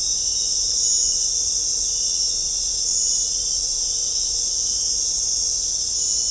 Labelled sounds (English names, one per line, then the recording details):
none
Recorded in dense forest near Puerto Asís, Putumayo, Colombia, on 20 December 2024 at 18:30
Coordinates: 0.499, -76.324
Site G045